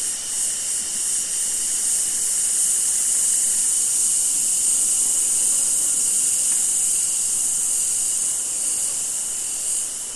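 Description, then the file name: Cicadas keep up a continuous high, sizzling drone with a thinner steady tone beneath it and no breaks. Summer forest in Australia. "zapsplat. nature forest amb summer insects cicada flies australia"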